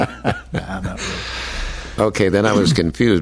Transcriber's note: laughing